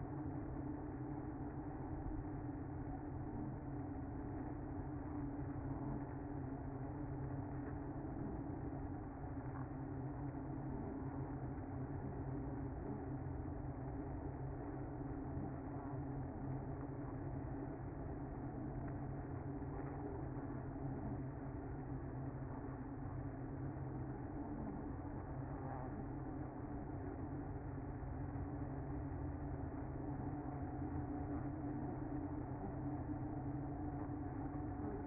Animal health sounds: honeybee colony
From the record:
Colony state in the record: active

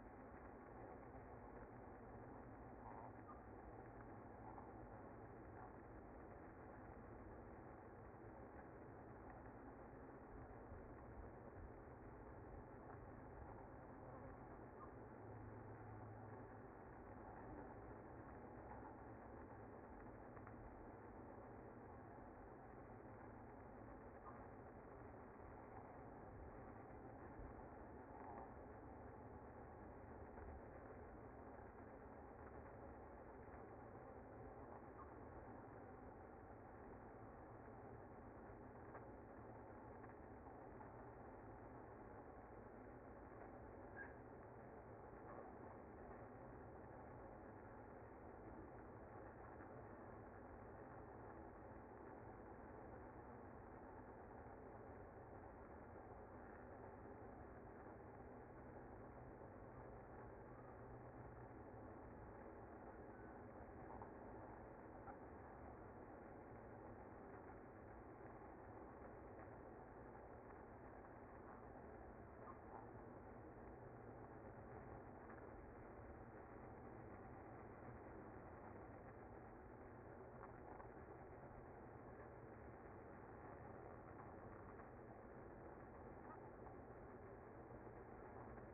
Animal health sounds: honeybee colony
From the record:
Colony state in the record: active

